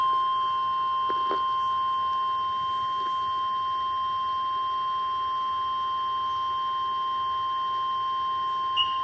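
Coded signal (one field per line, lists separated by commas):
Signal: Emergency Alert System (SAME) tones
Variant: 1050 Hz attention tone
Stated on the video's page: Real Tornado Watch EAS alert.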